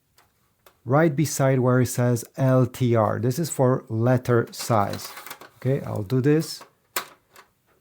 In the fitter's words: and it will click in place.